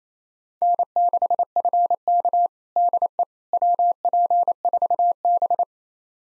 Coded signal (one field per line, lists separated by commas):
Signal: Morse code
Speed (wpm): 27 wpm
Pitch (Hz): 700 Hz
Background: none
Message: N6FK DE WP4B